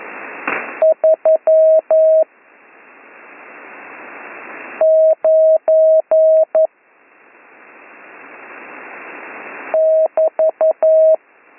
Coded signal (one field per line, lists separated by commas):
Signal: Morse code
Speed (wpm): 11 wpm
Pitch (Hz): 640 Hz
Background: none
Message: 39 <BT>